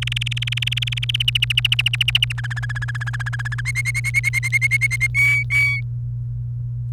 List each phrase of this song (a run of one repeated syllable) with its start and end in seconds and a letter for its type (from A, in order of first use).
0.02-1.16 A, 1.20-2.32 B, 2.38-3.61 C, 3.65-5.07 D, 5.15-5.80 E